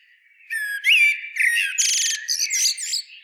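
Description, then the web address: Common blackbird giving one rich warbled phrase, a fluty whistled opening followed by a rapid buzzy, squeaky flourish. "SETE Turdus merula"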